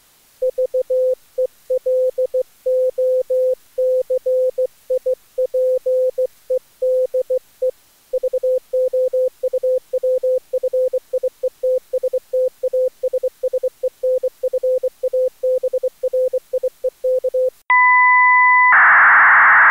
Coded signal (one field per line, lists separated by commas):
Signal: Morse code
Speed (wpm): 24 wpm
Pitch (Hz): 510 Hz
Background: none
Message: VELOCIPEDE VOUWFIETSTASSENFABRIEK